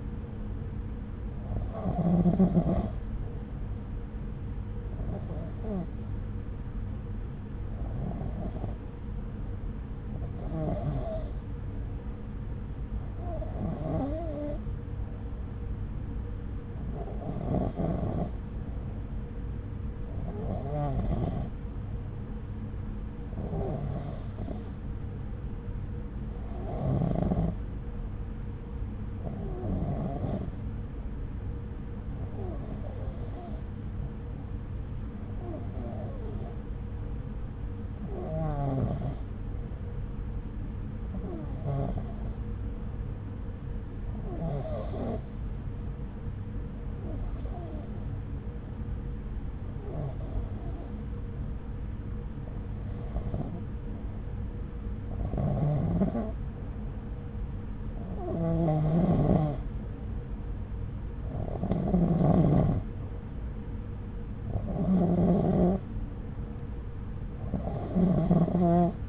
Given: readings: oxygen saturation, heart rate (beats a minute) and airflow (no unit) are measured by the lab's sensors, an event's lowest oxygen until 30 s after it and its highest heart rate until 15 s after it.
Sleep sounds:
breathing in sleep by a smartphone at the bedside; 1
11.00-55.30 s: hypopnea (REM, oxygen 94% highest, then 91% lowest, heart rate 69 at the start, 70 highest)
From the record:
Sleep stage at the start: REM sleep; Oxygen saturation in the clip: 91 to 94%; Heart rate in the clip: 65 to 70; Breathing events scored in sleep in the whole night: 303 in 8.1 hours asleep

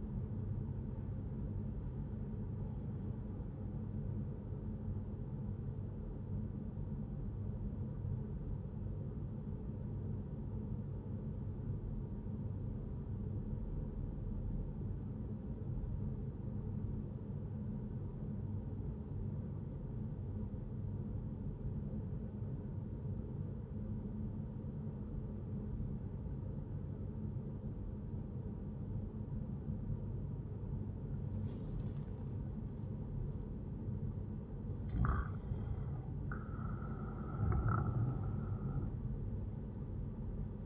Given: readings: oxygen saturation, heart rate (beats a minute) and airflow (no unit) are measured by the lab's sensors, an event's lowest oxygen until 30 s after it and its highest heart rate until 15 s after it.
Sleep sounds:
breathing in sleep by a smartphone at the bedside; 1
8.00-35.30 s: obstructive apnea (N1, oxygen 98% highest, then 93% lowest, heart rate 66 at the start, 76 highest)
From the record:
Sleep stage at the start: N1 (lightest sleep); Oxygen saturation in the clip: 90 to 98%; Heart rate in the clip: 61 to 78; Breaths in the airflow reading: 1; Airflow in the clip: -4.6 to 8.1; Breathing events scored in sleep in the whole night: 131 in 7.2 hours asleep

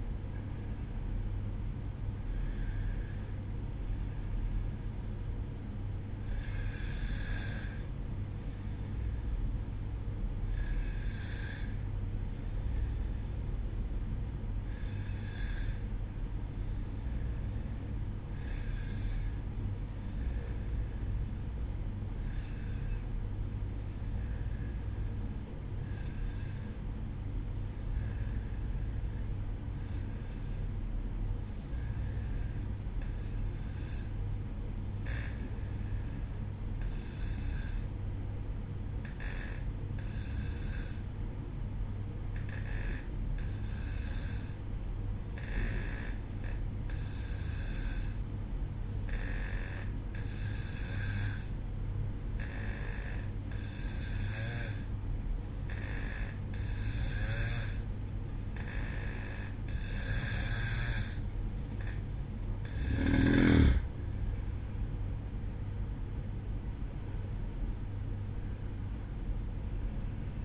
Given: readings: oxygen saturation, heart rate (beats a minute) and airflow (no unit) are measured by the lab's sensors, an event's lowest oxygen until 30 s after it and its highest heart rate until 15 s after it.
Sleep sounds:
breathing in sleep by a smartphone at the bedside; 1
12.00-61.40 s: hypopnea (N1, oxygen 95% highest, then 91% lowest, heart rate 57 at the start, 65 highest)
28.00-58.00 s: new sleep stage, N2 (light sleep)
58.00-70.45 s: new sleep stage, N1 (lightest sleep)
From the record:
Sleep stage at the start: N1 (lightest sleep); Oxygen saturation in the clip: 91 to 95%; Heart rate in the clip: 57 to 68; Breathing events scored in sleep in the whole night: 305 in 9.6 hours asleep

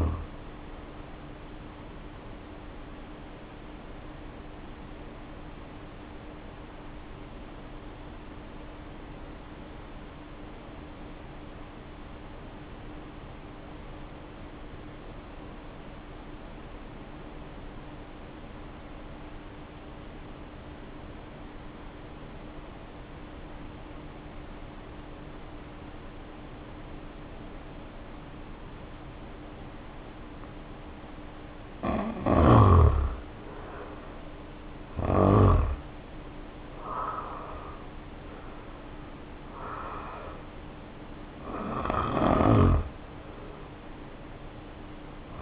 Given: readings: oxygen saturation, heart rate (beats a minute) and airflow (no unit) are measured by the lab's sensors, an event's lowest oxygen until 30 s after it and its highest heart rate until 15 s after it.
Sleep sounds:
breathing in sleep by a voice recorder at the bedside; 1
3.00-31.70 s: hypopnea (N2, oxygen 94% highest, then 73% lowest, heart rate 53 at the start, 70 highest)
42.00-45.42 s: new sleep stage, N1 (lightest sleep)
From the record:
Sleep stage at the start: N2 (light sleep); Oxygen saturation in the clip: 78 to 94%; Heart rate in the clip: 48 to 70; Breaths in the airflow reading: 12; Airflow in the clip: -2.3 to 2.8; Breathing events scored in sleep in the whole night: 520 in 7.2 hours asleep

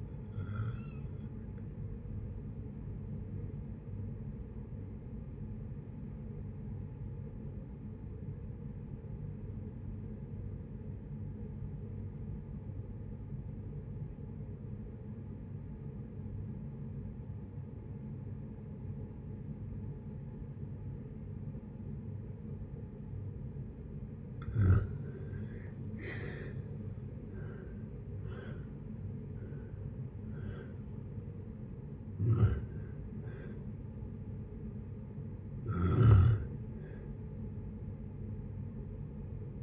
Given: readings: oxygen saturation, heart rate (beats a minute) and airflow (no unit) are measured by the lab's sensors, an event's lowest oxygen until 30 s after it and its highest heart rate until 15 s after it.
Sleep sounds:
breathing in sleep by a smartphone at the bedside; 1
4.00-25.70 s: obstructive apnea (N2, oxygen 96% highest, then 77% lowest, heart rate 64 at the start, 76 highest)
From the record:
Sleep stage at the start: N2 (light sleep); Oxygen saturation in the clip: 79 to 96%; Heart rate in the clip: 56 to 76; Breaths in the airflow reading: 6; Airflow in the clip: -8.6 to 8.1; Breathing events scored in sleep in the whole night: 496 in 5.4 hours asleep

